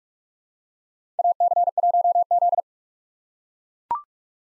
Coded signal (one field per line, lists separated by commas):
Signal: Morse code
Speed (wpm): 44 wpm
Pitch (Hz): 700 Hz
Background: none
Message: AC1Z